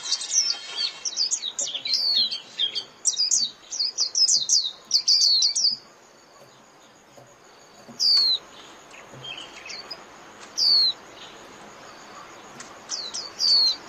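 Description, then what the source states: White-eye calls: high, thin downslurred chirps in bursts over the first six seconds, then single notes spaced a few seconds apart, with a faint steady high tone. Lure call (mồi) used for trapping white-eyes.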